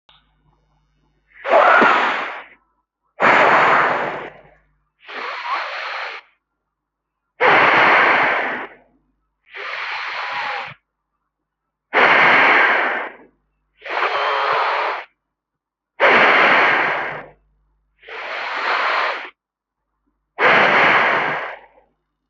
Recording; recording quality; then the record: deep breathing; excellent, no background noise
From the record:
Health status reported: healthy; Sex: male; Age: 28 years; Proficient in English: yes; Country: India